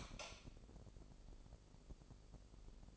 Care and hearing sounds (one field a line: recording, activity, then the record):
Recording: daily activity, microphone in the room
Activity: light on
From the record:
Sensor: 5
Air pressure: 995.4 hPa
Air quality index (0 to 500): 88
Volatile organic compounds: 4 ppm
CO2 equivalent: 1640 ppm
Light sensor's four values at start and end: 35/81/33/33 and 36/86/35/35